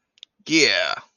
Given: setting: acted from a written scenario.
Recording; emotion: vocal sound without words; triumph